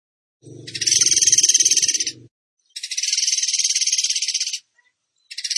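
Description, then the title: Bird song: two long, high, buzzy trills of rapid notes, each about two seconds, the first over a low rumbling hum, and a third beginning at the end. Training recording (masteran) of a bird singing in the tembakan gacor style. "Masteran Burung Tembakan Gacor"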